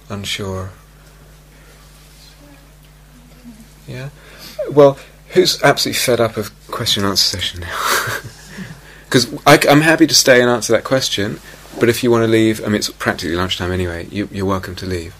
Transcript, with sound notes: Unsure? Well, who's absolutely fed up of the question and answer session now? [laughs] Because I'm happy to stay and answer that question, but if you want to leave -- I mean, it's practically lunchtime anyway -- you're welcome to leave.